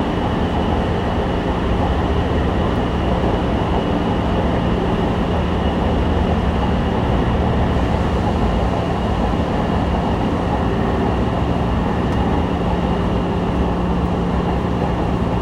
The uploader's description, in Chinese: 從台北車站搭捷運上班